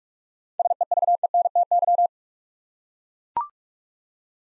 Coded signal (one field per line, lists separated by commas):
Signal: Morse code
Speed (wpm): 44 wpm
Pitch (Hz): 700 Hz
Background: none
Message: SEVENTY